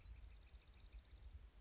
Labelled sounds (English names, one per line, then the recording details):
Western Flycatcher
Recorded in Sonoma County, California